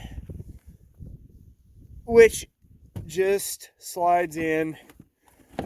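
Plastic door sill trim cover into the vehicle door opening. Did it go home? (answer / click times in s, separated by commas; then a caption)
partly / 5.6 s. A plastic door sill trim cover is slid into place over the door seal plate area in the door opening of a 2007 Ford Expedition while someone talks, with faint rustling underneath. A sharp click is heard at 5.6 s, but the piece is not fully seated because other parts are not yet installed.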